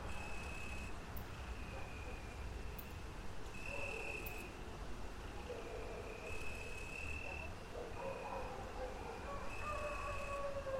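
Faint howls of wolves and dogs waver over a constant low rumble, with a thin high whine returning every few seconds.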